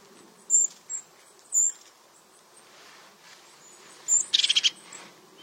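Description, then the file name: European crested tit song: a few thin, very high notes, then a quick rattling, purring trill of several rapid pulses. "Canto do chapim de crista"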